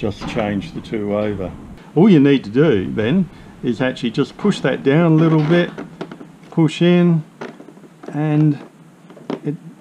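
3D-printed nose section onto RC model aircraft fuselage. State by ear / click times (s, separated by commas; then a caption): seated / 9.3 s. Someone talks while the 3D-printed plastic nose section of an RC Vulcan jet model is pushed down onto its fuselage attachment. A sharp click at 9.3 s marks the nose snapping into place, fully seated.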